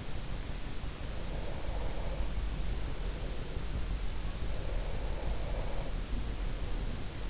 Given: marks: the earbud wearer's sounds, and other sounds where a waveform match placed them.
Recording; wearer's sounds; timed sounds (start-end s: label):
sounds in sleep by an in-ear microphone; breath
0.99-3.45 s: breath
4.13-7.10 s: breath